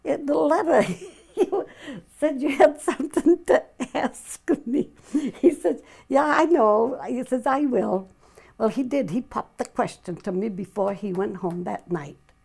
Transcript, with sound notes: The letter — you said you had something to ask me." [Laughs] He said, "Yeah, I know." He says, "I will." Well, he did. He popped the question to me before he went home that night,